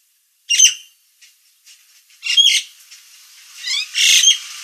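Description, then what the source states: Nias hill myna singing loud harsh squawks mixed with bright whistled notes and quick rising slurs, in three bursts separated by short pauses. Described as gacor, a lively and persistent singing style, with a noisy, loud voice.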